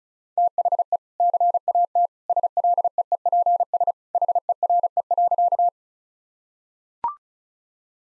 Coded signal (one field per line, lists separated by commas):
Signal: Morse code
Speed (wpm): 36 wpm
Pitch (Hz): 700 Hz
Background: none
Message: THE CAT SLEEPS HERE.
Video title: Easy Sentences with Hints - 35wpm